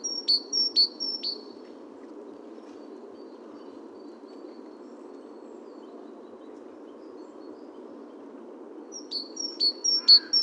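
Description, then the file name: Great tit gives a quick burst of high clicking calls, then a long quiet stretch of low hum, then another short burst of similar notes near the end. "Parus major"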